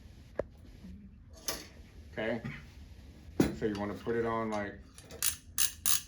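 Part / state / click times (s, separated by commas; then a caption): retractor blade onto ratchet arm of self-retaining surgical retractor / seated / 5.0 s, 5.1 s, 5.9 s. A metal retractor blade is slid onto the ratchet arm of a self-retaining surgical retractor while someone talks. The ratchet pawl clicks audibly at about 5.0, 5.1 and 5.9 seconds as the blade seats onto the ratchet.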